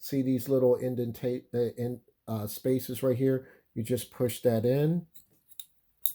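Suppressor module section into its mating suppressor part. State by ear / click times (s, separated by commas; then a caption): seated / 6.1 s. Someone talks while pushing a modular section of a Dead Air Ghost 45M suppressor onto its mating suppressor part, lining its small cog-like pieces up with the indentations inside. After a faint tick at 5.6 s, a sharp metallic click at 6.1 s marks the module seating into place.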